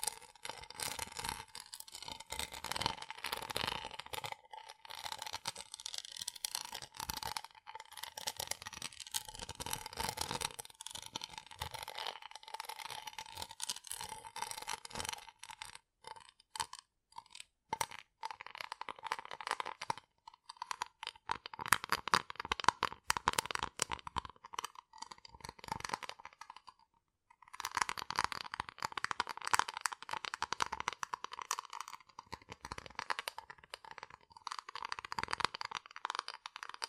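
Rough brain cleaning and picking: a dense, steady stream of small clicks, crackles and rattling scrapes with a thin, bright edge. Short pauses break it up, a few louder snaps come around 22 seconds, and a brief silence near 27 seconds precedes the texture resuming.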